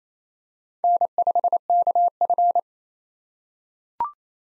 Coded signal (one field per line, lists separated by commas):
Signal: Morse code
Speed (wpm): 29 wpm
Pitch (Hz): 700 Hz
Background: none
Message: N5KF